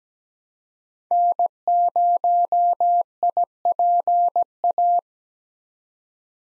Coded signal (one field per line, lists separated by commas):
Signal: Morse code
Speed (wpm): 17 wpm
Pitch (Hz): 700 Hz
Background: none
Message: N0IPA